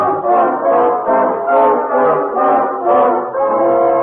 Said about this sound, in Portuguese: E como mugia o pobrezinho. Sim, ouvinte, por mais incrível que pareça, tanto o caixão do defunto como os quatro vultos brancos que o carregavam eram apenas aquele pobre boi